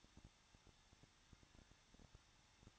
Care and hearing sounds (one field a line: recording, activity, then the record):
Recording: daily activity, microphone in the room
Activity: no activity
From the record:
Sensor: 3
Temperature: 21.2 degrees Celsius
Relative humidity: 36.3%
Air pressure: 1006.3 hPa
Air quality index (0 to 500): 222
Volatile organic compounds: 42 ppm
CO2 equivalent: 3176 ppm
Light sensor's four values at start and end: 2/3/2/2 and 2/3/2/2